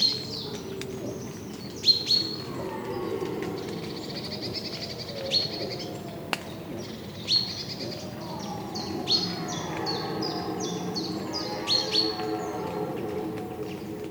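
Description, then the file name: Great tit calls: short, sharp high notes given in scattered bursts, with a quicker run of clipped notes near the end, over a steady low rumbling background. "Parus major"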